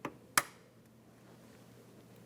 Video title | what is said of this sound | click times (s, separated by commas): How to Replace Windshield Washer Nozzle 2009-2019 Ford Flex | Gently press it down and listen for a click. | 0.4 s